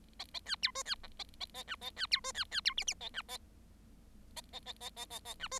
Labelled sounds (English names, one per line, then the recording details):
Bengalese Finch song
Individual Bird7